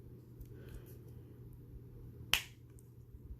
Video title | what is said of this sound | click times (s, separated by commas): Affordable Pen Haul, Trial, and Review! | There it goes. Did you hear that snap? That's when you know it's ready. | 2.3 s